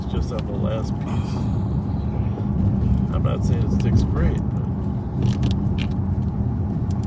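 A camera or phone mount is handled against its holder inside a patrol car while someone talks over a steady low vehicle rumble and hum. Nothing has seated or clicked yet; the mount is not yet home by the end of the clip.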